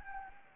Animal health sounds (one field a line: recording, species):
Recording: mosquito wingbeat signal from an infrared sensor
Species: Anopheles gambiae